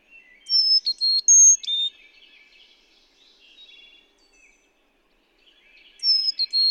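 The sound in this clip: Carolina chickadee song: four clear whistled notes alternating high and low, repeated after about five seconds, with soft chattering twitters between phrases.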